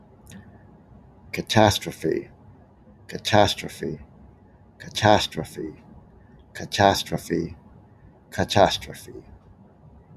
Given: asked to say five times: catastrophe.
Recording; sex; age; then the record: repeated word; male; 50 to 59 years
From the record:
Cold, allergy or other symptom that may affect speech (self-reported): no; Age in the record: 54 years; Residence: New York, United States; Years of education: 18